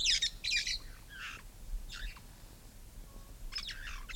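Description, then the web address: Red-fronted parrot calls: scratchy, high squawks in short clusters at the start, a couple more midway, and another raspy pair near the end, with quiet gaps between. "parrots poicephalus-gulielmi"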